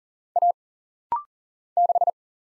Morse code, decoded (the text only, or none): A 6